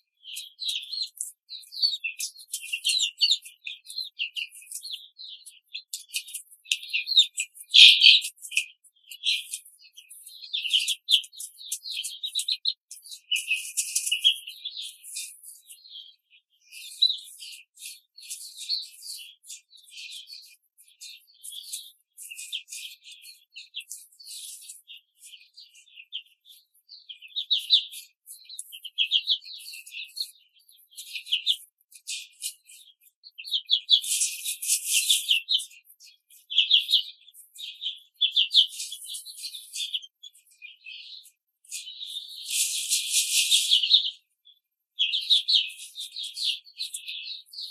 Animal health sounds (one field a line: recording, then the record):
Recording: young laying hens in a cage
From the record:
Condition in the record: control cage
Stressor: none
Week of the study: 5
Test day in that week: 1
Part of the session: 4